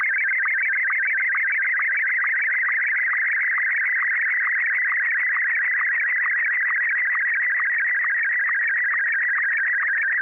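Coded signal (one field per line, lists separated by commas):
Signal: SSTV (slow-scan television)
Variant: Martin 1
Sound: continuous warbling, chirping tone with a steady rhythmic tick about twice a second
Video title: N6NA SSTV Net - 10/28/2020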